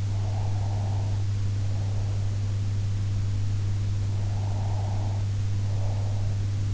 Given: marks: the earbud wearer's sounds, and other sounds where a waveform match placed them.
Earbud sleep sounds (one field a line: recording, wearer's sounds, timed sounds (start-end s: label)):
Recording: sounds in sleep by an in-ear microphone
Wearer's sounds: breath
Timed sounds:
0.12-2.60 s: breath
4.03-6.74 s: breath